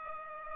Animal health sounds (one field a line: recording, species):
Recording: mosquito wingbeat signal from an infrared sensor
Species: Culex pipiens